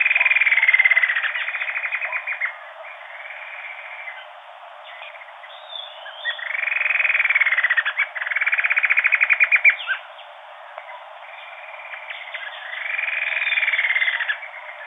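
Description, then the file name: Bird calls, rapid pulsed bursts repeated several times, some arching in pitch and others steady, separated by quieter gaps of a few seconds. "SABIOD 50 bird 2015"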